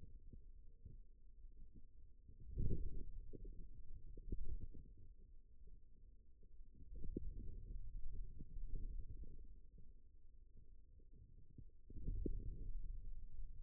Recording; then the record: forearm muscle sounds (acoustic myography)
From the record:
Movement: wrist extension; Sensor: system 2, bracelet of six BSWA MPA416 microphones around the upper forearm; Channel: 6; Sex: male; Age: 22 years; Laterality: right